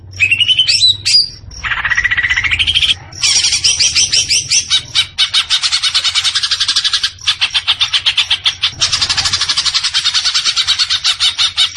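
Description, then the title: Leafbird song: whistled slurred notes at first, then a long, loud run of rapid buzzy chattering with only brief breaks. Singing actively (gacor). "Cucak Ijo Gacor"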